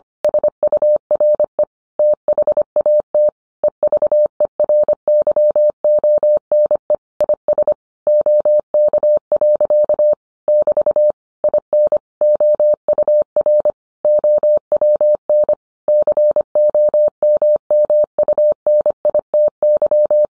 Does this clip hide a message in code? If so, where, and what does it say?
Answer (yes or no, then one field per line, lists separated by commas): yes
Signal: Morse code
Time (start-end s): 0.2-20.3 s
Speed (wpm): 25 wpm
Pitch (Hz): 600 Hz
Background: none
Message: SURE THAT EVERYONE IS OK. <BT> IN OUR OWN COMMUNITY